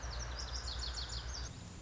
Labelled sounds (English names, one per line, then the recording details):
Lazuli Bunting
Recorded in Sonoma County, California